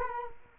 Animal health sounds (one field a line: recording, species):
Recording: mosquito wingbeat signal from an infrared sensor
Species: Culex quinquefasciatus